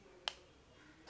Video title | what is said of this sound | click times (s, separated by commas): NEW Maybelline Ultimatte Slim Lipstick Review & Lip Swatches | and this is how the actual lipstick looks like which also locks into place | 0.3 s